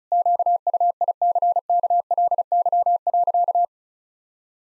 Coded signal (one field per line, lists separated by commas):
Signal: Morse code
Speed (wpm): 36 wpm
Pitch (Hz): 700 Hz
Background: none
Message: QUICKLY.